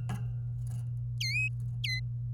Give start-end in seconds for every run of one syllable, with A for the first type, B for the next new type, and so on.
1.21-1.48 A, 1.84-1.99 A